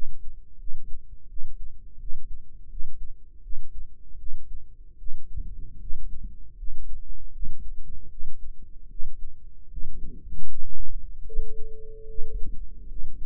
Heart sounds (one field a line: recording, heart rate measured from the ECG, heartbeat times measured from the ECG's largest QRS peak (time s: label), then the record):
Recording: heart sounds by microphone in the right ear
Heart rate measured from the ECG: 78 bpm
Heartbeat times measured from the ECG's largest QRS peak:
0.57 s: heartbeat
1.27 s: heartbeat
1.97 s: heartbeat
2.68 s: heartbeat
3.41 s: heartbeat
4.17 s: heartbeat
4.96 s: heartbeat
5.78 s: heartbeat
6.55 s: heartbeat
7.30 s: heartbeat
8.08 s: heartbeat
8.87 s: heartbeat
9.68 s: heartbeat
10.45 s: heartbeat
11.23 s: heartbeat
12.06 s: heartbeat
12.86 s: heartbeat
From the record:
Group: healthy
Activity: rest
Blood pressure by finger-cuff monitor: 110/72 mmHg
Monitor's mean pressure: 84 mmHg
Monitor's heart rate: 77 bpm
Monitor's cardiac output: 6.1 L/min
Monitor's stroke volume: 75 mL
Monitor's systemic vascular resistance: 1000 dyn s/cm5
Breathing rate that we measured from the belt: 15 breaths a minute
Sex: female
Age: 22 years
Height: 160 cm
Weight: 45 kg